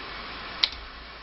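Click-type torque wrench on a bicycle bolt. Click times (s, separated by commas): 0.6 s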